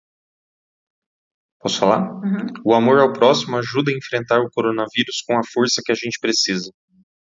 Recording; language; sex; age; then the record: spoken sentence; Brazilian Portuguese; male; 30 to 39 years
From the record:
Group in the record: control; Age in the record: 31 years